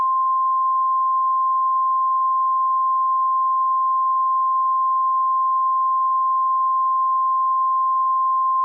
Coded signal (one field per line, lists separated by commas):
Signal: Emergency Alert System (SAME) tones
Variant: 1050 Hz attention tone